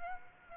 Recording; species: mosquito wingbeat signal from an infrared sensor; Aedes aegypti